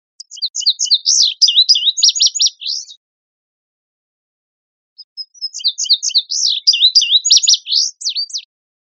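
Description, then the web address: Indigo Bunting delivering two similar high, jumbled songs, each near three seconds of rapid paired slurred notes, with about two seconds of silence between them. "birdvocals CR INBU"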